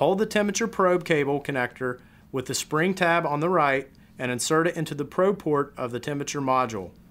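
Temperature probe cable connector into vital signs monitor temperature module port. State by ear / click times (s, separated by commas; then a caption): not seated / none. Someone talks while a temperature probe cable connector, held with its spring tab on the right, is inserted into the probe port of the temperature module on a Welch Allyn Connex vital signs monitor. The connector has not seated or clicked yet.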